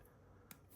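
The blade of a newly received Ketuo folding knife is worked at the handle pivot and gives one sharp, bright click into its lock at 0.5 s, over a low, steady background hum. The blade has seated in the lock, with a slight stickiness in the action blamed on excess grease in the pivot.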